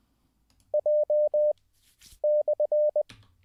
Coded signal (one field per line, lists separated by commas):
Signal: Morse code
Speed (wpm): 20 wpm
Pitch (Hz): 600 Hz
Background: none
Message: J/